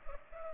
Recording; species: mosquito wingbeat signal from an infrared sensor; Culex pipiens